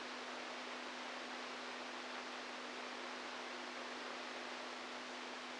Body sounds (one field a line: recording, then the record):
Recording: brain microelectrode recording played as sound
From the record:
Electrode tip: inside the subthalamic nucleus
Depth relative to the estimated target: -2 mm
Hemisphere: right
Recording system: NeuroSet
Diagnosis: Parkinson's disease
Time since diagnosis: 10 years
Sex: male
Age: 65 years